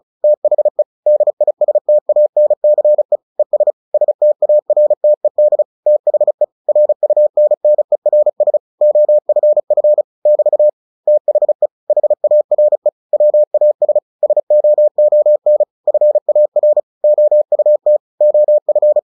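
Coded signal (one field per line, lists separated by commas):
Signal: Morse code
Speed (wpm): 36 wpm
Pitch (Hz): 600 Hz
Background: none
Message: THE DISTANCE ES STARTED THE RUNNERS OFF <BT> THE HARE WAS SOON FAR OUT OF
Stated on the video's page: Morse headcopy practice of a short story at 35 WPM.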